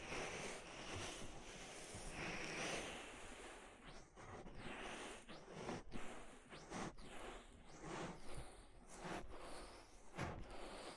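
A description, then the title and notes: ASMR ear treatment sounds: a dense, steady rustling and rubbing that fills the whole clip like soft rushing air. From about four seconds on, quick brushing strokes and scratchy swipes cut through every second or so, with brief quieter gaps between them. ASMR Deep Ear Treatment for Sleep (No Talking).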